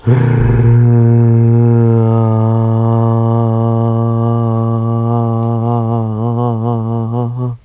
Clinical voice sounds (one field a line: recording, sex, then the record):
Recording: sustained vowel /a/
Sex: female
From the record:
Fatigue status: fatigue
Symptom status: symptomatic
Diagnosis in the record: COVID-19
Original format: m4a